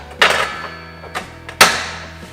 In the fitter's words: snaps into place and then you're ready to start cutting